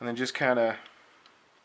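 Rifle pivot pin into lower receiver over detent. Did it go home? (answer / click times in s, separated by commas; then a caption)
yes / 1.3 s. A steel rifle pivot pin is pushed into an AR-308 lower receiver, its groove facing the spring-loaded detent, while someone talks. The pin seats and locks into place with a faint tick at 1.3 s.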